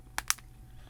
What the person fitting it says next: You hear that snap?